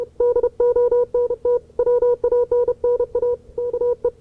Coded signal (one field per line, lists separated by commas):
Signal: Morse code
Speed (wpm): 32 wpm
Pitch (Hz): 490 Hz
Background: none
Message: DONT WANNA KE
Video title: QSO W6CUF 9Y4US (1970)